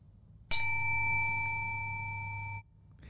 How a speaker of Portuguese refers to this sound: Lembra do Alan Watts, as palavras? É isso. Because God is this. Ting! Ele pega... Ele fazia isso. Ele pega um sino e bate. Ting!